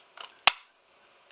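A second battery pack for a Seesii cordless mini chainsaw is lined up and slid into the saw's battery slot, going straight in with no effort. A faint scrape near 0.2 s is followed by a sharp, loud latch click at 0.5 s, with a small tick near 1.3 s. The battery is seated properly, unlike the first one, which would not click in.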